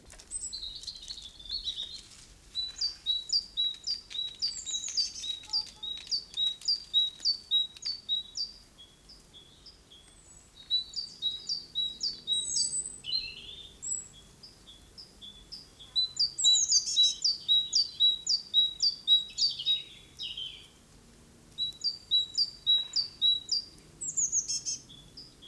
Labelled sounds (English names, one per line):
Great Tit song